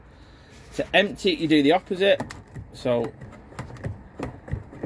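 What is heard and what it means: Someone talks while handling the fresh-water tank level selector wheel on the tank valve of a 2023 Burstner Eliseo C 602 motorhome, turning it back the opposite way to empty the tank toward the 20-litre level. Brief sharp handling taps follow around 3.6, 4.2 and 4.5 s. Nothing has clicked into the first detent yet.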